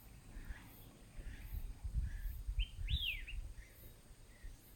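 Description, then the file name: Red-whiskered bulbul calls: a few soft whistled notes, one clear arched whistle rising then falling near the middle, over steady low rumbling background noise. Recorded on 25 August 2021. "Pycnonotus-jocosusv-2021-08-25"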